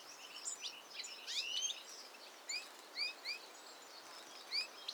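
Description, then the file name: European goldfinch calls: short, thin upward-sweeping notes, often paired, repeated at irregular intervals amid steady background hiss. "Carduelis carduelis"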